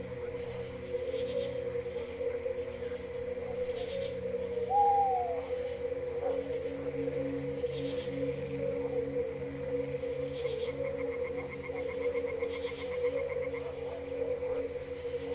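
Night insects and frogs drone steadily with a high whine, soft hoots underneath, and a brief rising whistle near five seconds.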